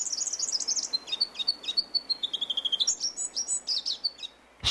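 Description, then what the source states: Sunbird song: a rapid, high-pitched run of thin chips and short whistled notes, shifting pitch repeatedly for over four seconds. Sunbird of isolated mountaintops (sky islands) in eastern Africa; related sunbird species there have songs that appear to have stayed the same over millennia.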